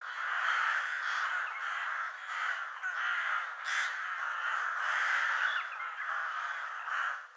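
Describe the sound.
Crows or ravens cawing as a flock, harsh overlapping caws in a near-continuous chorus with brief dips throughout.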